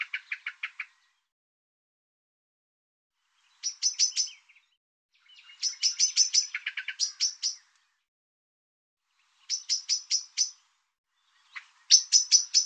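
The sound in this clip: Bird singing short bursts of fast, evenly spaced high chirps, some lower and some very high, repeated in clusters separated by brief pauses of a second or more.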